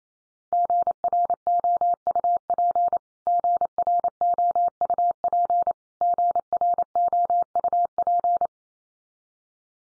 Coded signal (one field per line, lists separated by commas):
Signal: Morse code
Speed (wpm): 28 wpm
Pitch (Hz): 700 Hz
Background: none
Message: GROUP GROUP GROUP